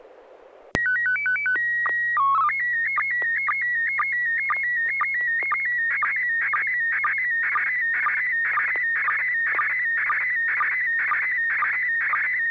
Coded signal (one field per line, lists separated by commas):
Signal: SSTV (slow-scan television)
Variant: PD 120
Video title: N6NA SSTV Net - 05/11/2022